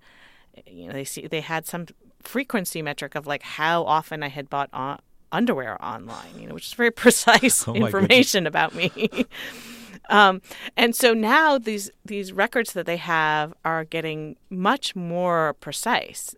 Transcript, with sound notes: You know, they had some frequency metric of, like, how often I had bought underwear online, you know, which is very precise information about me.
(LAUGHTER)
And so now these records that they have are getting much more precise.